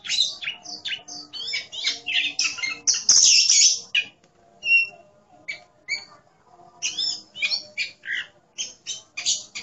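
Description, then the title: Oriental magpie-robin singing quick, scratchy note strings, a loud dense burst midway, then spaced paired chirps and renewed rapid twittering. "Kacer"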